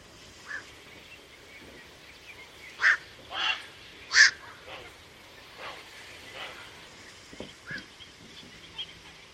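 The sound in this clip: Bird giving harsh, cawing calls, a few loud notes close together around the middle, then fainter scattered notes over a low hiss.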